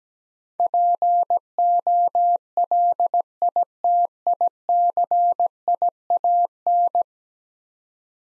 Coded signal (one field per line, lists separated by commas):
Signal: Morse code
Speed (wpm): 17 wpm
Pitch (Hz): 700 Hz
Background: none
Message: POLITICIAN